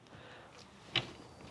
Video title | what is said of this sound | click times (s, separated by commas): NUNA PIPA Installation Guide - RELX Base vs PIPA Base vs PIPA Urbn Baseless Install | You listen for the click, you'll know it's locked off, and you can always tug on it to make sure | 1.0 s